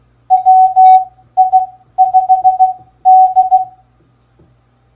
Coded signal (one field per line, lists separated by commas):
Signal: Morse code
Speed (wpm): 16 wpm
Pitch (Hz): 750 Hz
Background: none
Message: WI5D